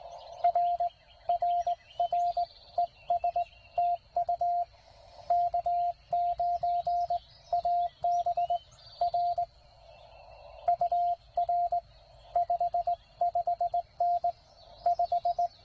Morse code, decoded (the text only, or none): R RR ES TU K9AB R UR 55N 5